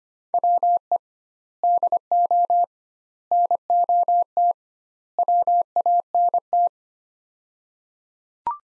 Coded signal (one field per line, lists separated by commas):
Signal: Morse code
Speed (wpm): 25 wpm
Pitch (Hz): 700 Hz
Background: none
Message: WE DO NOT WANT